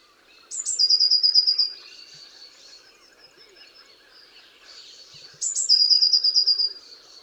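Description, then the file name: Eurasian blue tit calling twice, each phrase a sharp high note sliding into a quick, even trill, separated by a pause of roughly five seconds. "Cyanistes caeruleus"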